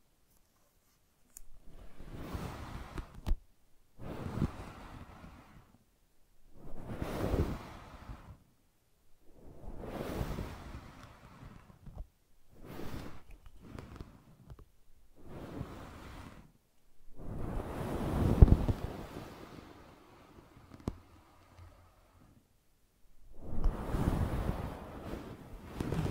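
Brushing and scratching in repeated strokes, each a rough, hissing burst lasting one to two seconds with short silent gaps between, about a dozen across the clip. The strokes are full and rushing with a low rumble, loudest near eighteen seconds and at the end.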